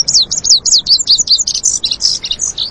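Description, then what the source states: Lazuli bunting song: a rapid, high, sweet run of varied slurred notes, delivered continuously. Singing from atop an elderberry spike, tipping its head back; found in summer in brushy canyons of the western region.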